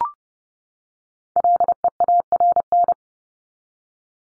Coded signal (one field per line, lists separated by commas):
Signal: Morse code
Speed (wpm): 30 wpm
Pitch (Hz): 700 Hz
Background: none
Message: LEARN